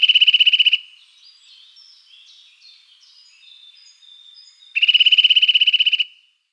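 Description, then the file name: Eurasian nuthatch singing two fast, even trills of ringing repeated notes, separated by a gap of about four seconds with faint background sounds. Song given as a trill. "Sitta europaea. Trilar"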